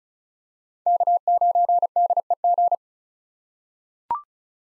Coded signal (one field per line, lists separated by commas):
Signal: Morse code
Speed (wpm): 34 wpm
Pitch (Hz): 700 Hz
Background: none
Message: K9DEG